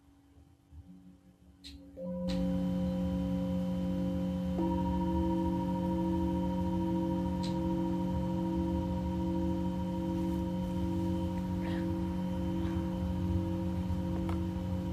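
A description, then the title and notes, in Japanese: A singing bowl rings out after a quiet start of about two seconds, settling into a steady, sustained hum of several layered tones. Around four and a half seconds a higher tone joins and holds, while a few faint light ticks occur now and then. メキシコから シンギングボウルのサウンドヒーリング。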